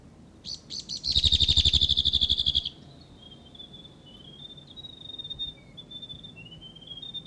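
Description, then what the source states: Whitehead territorial call: a few introductory notes, then a fast, pulsing rattle that slides slightly downward, followed by thin, high, wavering whistles. Male whitehead giving a territorial call.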